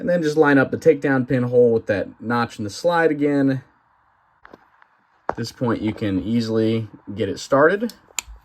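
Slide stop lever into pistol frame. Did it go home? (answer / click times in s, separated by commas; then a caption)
no / none. During reassembly of a Smith & Wesson 5906 pistol, with the takedown pin hole lined up with the notch in the slide, the metal slide stop/takedown lever is started and pushed into the frame. Someone talks, pauses through a few faint handling clicks, then talks again, with one sharp, loud click near the end. Nothing has seated or clicked home yet.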